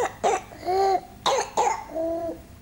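Three harsh, barking cough bursts from a young child, separated by high-pitched, crowing breaths in. This seal-like bark is typical of croup, a viral swelling and narrowing of the upper airway around the windpipe.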